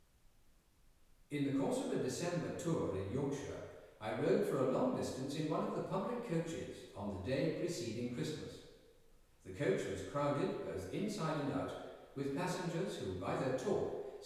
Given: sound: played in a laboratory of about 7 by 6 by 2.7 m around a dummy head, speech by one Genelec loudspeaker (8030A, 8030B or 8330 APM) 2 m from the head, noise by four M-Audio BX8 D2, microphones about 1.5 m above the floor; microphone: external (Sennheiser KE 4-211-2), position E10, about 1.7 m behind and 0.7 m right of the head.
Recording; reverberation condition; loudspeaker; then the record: male speech in English; high; 30 degrees to the right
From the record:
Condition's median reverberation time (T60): about 1300 ms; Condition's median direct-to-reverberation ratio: about -4.0 dB